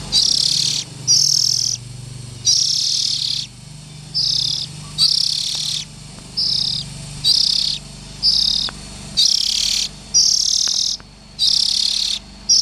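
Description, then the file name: Oriental magpie-robin making a long run of raspy, hissing bursts of varying length, spaced irregularly, with a faint low hum underneath. Young birds. "Tieng chim chich choe than non"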